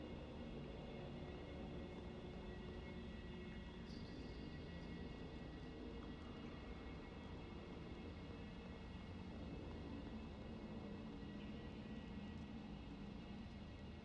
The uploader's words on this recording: The inspiration for »lwrcs« was mainly driven by the feedback-like howling of the wind in the original field recording. It’s rich in frequencies but also has something eerie yet warm to it. Digital and analog feedback loops and warm tape noise create the framework for the heavily processed fragments of the field recording.